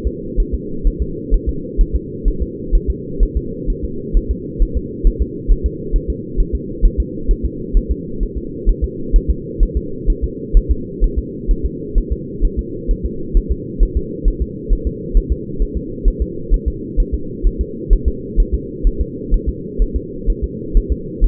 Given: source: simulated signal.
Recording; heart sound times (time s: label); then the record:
fetal heart sounds
0.07 s: S2
0.40 s: S1
0.54 s: S2
0.87 s: S1
1.02 s: S2
1.34 s: S1
1.49 s: S2
1.81 s: S1
1.95 s: S2
2.28 s: S1
2.42 s: S2
2.75 s: S1
2.90 s: S2
3.23 s: S1
3.37 s: S2
3.70 s: S1
3.84 s: S2
4.17 s: S1
4.31 s: S2
4.62 s: S1
4.77 s: S2
5.07 s: S1
5.22 s: S2
5.52 s: S1
5.66 s: S2
5.96 s: S1
6.10 s: S2
6.40 s: S1
6.55 s: S2
6.85 s: S1
7.00 s: S2
7.31 s: S1
7.45 s: S2
7.77 s: S1
7.91 s: S2
8.23 s: S1
8.38 s: S2
8.69 s: S1
8.84 s: S2
9.16 s: S1
9.30 s: S2
9.63 s: S1
9.77 s: S2
10.10 s: S1
10.24 s: S2
10.57 s: S1
10.71 s: S2
11.04 s: S1
11.18 s: S2
11.51 s: S1
11.66 s: S2
11.98 s: S1
12.12 s: S2
12.45 s: S1
12.59 s: S2
12.91 s: S1
13.05 s: S2
13.37 s: S1
13.52 s: S2
13.83 s: S1
13.97 s: S2
14.28 s: S1
14.42 s: S2
14.73 s: S1
14.87 s: S2
15.17 s: S1
15.32 s: S2
15.62 s: S1
15.77 s: S2
16.08 s: S1
16.22 s: S2
16.54 s: S1
16.68 s: S2
17.00 s: S1
17.14 s: S2
17.47 s: S1
17.61 s: S2
17.93 s: S1
18.08 s: S2
18.40 s: S1
18.54 s: S2
18.87 s: S1
19.01 s: S2
19.34 s: S1
19.49 s: S2
19.82 s: S1
19.96 s: S2
20.30 s: S1
20.44 s: S2
20.77 s: S1
20.92 s: S2
21.24 s: S1
From the record:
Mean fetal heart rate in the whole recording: 130 bpm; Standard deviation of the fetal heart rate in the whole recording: 2 bpm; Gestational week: 38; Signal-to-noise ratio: -4.3 dB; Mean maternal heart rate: 72 bpm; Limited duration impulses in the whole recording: absent